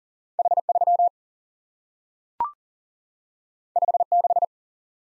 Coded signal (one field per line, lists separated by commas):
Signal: Morse code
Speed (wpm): 38 wpm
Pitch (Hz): 700 Hz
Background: none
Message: H3 56